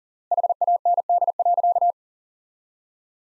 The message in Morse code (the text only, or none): HAND.